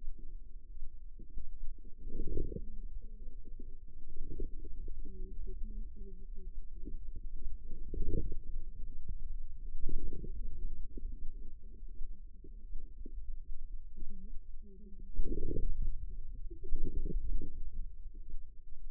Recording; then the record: forearm muscle sounds (acoustic myography)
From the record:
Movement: wrist flexion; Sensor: system 2, bracelet of six BSWA MPA416 microphones around the upper forearm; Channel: 6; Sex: female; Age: 25 years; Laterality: right